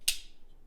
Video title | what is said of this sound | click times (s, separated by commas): The Jason Grant -Gripper V2 FULL OVERVIEW! | thing where you reach over with your one finger and lock it into place because it just locks into place | 0.1 s